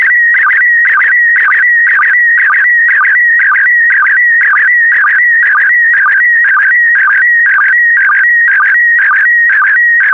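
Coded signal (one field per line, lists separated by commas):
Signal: SSTV (slow-scan television)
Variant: PD120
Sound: warbling, buzzy tone shifting in pitch with a regular low chirp twice a second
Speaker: the next image transmission will start in 10 seconds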